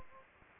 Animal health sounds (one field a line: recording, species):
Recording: mosquito wingbeat signal from an infrared sensor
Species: Anopheles gambiae